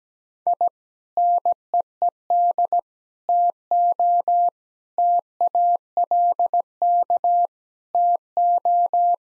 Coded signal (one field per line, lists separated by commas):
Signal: Morse code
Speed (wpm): 17 wpm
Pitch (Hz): 700 Hz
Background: none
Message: I NEED TO TALK TO